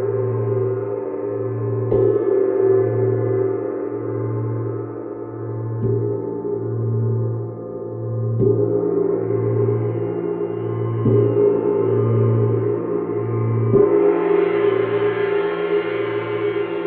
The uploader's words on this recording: Sidereal Moon Gong. The sound of the gong.